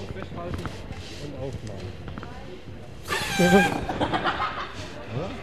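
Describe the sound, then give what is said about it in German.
A helium balloon from the AOK stand being filled: a sudden rushing hiss of gas lasting about a second, with squeaky rubbery tones riding on it, over a low background of murmuring voices. “Liebe Hörer, das Geräusch, das Sie jetzt gerade hören können, es wird gerade einer unserer beiden jungen Freunde hier aufgeblasen.”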